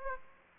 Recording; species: mosquito wingbeat signal from an infrared sensor; Aedes aegypti